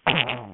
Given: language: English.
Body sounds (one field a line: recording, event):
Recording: throat vibration sensor signal played as sound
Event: throat clearing